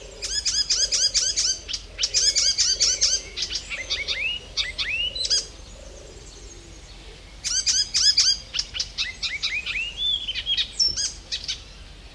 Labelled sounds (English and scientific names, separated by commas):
Icterine Warbler (Hippolais icterina)